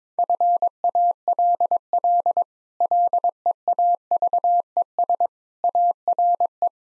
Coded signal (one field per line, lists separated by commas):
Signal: Morse code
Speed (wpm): 22 wpm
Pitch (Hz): 700 Hz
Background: none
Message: FALL LEAVES ARE